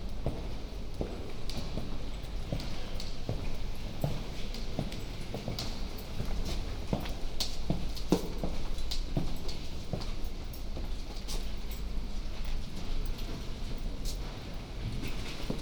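Footsteps walk through the University Church of St. Mary the Virgin, sharp heel taps landing at a steady walking pace for the whole sixteen seconds. A constant low rumble sits underneath, with a faint airy hiss above the steps.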